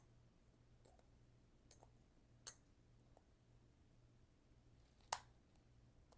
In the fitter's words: oh okay it does click in place all right never mind